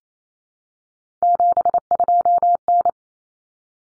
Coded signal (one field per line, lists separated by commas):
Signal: Morse code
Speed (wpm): 28 wpm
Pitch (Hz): 700 Hz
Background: none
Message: 72N